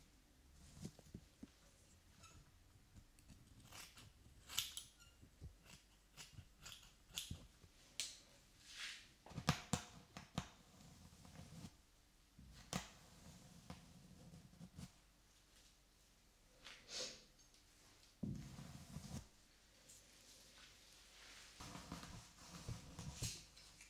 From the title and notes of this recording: ASMR Haircut Tutorial Hair Brushing for Relaxation.